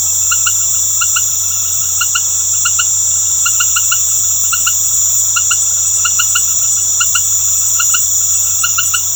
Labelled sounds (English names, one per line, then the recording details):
none
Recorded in secondary vegetation near Puerto Asís, Putumayo, Colombia, on 19 March 2025 at 19:00
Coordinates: 0.468, -76.324
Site G059